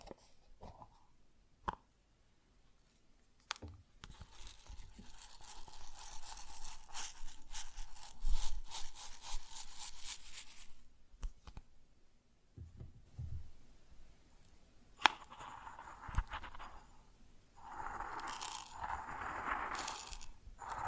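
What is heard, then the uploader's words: Grains pour and rustle in uneven bursts, with a long hissing stream from about five to eleven seconds, sharp clicks, and scraping crunches later. ASMR Grain Sounds (No Talking).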